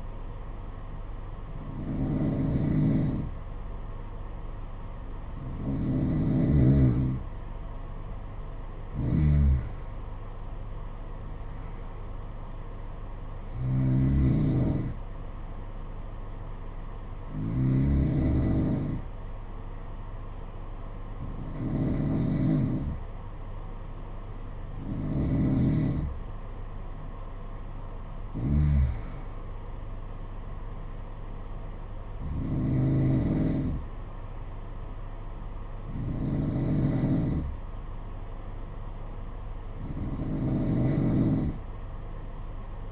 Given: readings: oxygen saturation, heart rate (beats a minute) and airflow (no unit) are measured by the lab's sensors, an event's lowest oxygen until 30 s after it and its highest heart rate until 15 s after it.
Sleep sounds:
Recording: breathing in sleep by a smartphone at the bedside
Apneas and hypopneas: none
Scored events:
6.00-42.92 s: new sleep stage, N2 (light sleep)
From the record:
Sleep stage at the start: N1 (lightest sleep)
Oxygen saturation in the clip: 91 to 93%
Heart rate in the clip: 58 to 73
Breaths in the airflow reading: 11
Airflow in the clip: -6.8 to 6.7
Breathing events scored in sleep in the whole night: 476 in 9.7 hours asleep

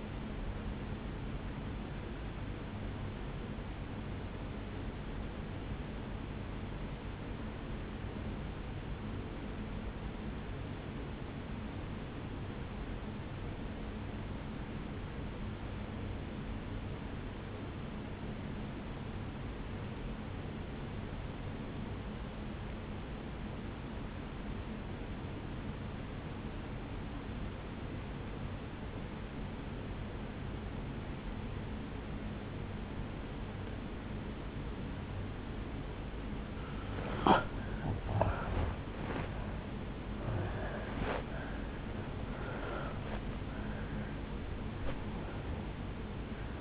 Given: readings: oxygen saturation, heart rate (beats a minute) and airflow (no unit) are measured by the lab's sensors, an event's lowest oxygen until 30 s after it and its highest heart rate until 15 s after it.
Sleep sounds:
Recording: breathing in sleep by a voice recorder at the bedside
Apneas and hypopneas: 1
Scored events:
4.00-37.00 s: obstructive apnea (N1, oxygen 97% highest, then 83% lowest, heart rate 60 at the start, 77 highest)
23.00-46.61 s: new sleep stage, N2 (light sleep)
From the record:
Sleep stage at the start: N1 (lightest sleep)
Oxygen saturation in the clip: 84 to 97%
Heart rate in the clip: 53 to 76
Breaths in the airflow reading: 4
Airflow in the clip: -10.0 to 10.8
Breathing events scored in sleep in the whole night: 449 in 7.0 hours asleep

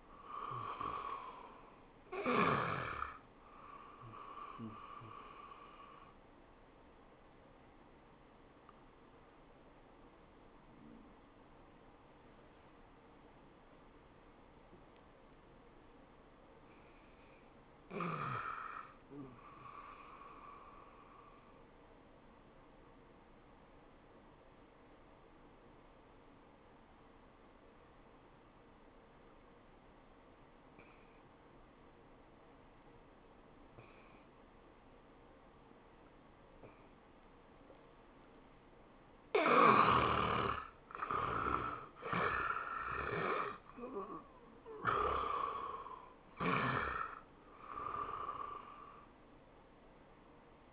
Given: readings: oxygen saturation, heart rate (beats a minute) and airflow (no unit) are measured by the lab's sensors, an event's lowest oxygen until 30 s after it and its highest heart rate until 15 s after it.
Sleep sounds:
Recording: breathing in sleep by a voice recorder at the bedside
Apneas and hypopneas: 2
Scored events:
3.00-16.90 s: hypopnea (N1, oxygen 84% highest, then 83% lowest, heart rate 100 at the start, 100 highest)
15.00-45.00 s: new sleep stage, N2 (light sleep)
21.00-38.90 s: hypopnea (N2, oxygen 96% highest, then 75% lowest, heart rate 95 at the start, 97 highest)
45.00-50.72 s: new sleep stage, N1 (lightest sleep)
From the record:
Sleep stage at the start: N1 (lightest sleep)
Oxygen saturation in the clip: 76 to 96%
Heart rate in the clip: 76 to 100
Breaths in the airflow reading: 9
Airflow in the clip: -16.3 to 12.2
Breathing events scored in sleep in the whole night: 403 in 5.5 hours asleep

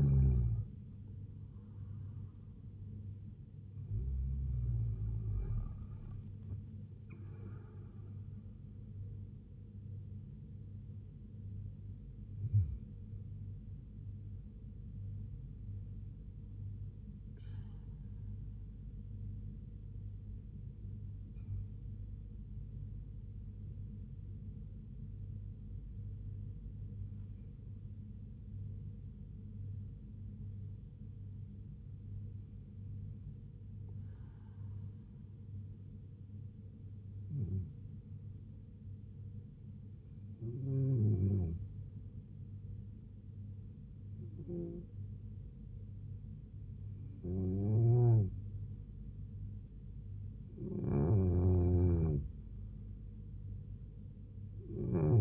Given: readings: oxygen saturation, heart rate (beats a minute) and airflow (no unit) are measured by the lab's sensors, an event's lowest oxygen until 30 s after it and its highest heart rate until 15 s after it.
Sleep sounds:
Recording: breathing in sleep by a smartphone at the bedside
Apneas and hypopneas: 1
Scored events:
21.00-49.20 s: hypopnea (N1, oxygen 97% highest, then 92% lowest, heart rate 68 at the start, 76 highest)
40.00-55.21 s: new sleep stage, N2 (light sleep)
From the record:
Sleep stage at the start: N1 (lightest sleep)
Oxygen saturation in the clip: 90 to 97%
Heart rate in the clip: 68 to 76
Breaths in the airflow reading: 14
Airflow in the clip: -4.3 to 4.4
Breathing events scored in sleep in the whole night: 158 in 7.3 hours asleep

